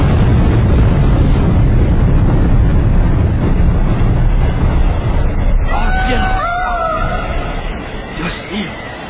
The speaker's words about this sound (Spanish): La enorme explosión procedente del Mercurial Margaret alcanzó el pequeño bote en su onda expansiva. El barco quedó en llamas, apenas a un par de kilómetros del bote.